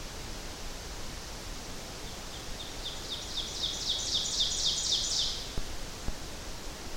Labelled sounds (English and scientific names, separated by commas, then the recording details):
Ovenbird (Seiurus aurocapilla) song
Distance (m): 40 m
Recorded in boreal forest in Alberta, Canada, on 12 June 2016 at 06:58
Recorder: SongMeter 3, array SBT-3-18
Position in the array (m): 245 m, 95 m
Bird 31